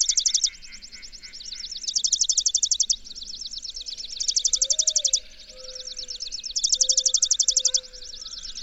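Bird song: rapid high trilling with four loud bursts separated by softer trills, and a few faint low whistles in the second half.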